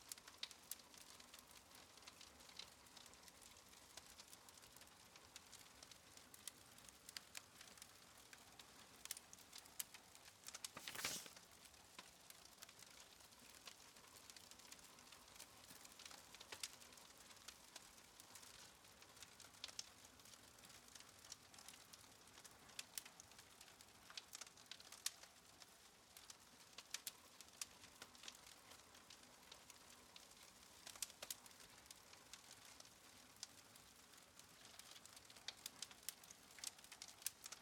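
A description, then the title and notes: A cozy fire crackles with dense, quick snaps and pops over a soft hiss, with one louder sharp crack around eleven seconds. A cozy fire.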